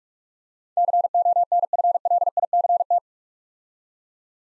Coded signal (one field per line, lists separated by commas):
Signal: Morse code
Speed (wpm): 44 wpm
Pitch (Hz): 700 Hz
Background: none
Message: CONFLICT